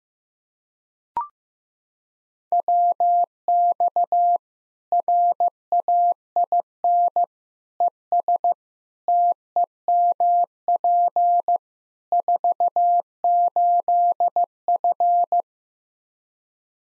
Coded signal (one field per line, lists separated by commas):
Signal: Morse code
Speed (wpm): 15 wpm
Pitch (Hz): 700 Hz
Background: none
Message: WX RAIN ES TEMP 48F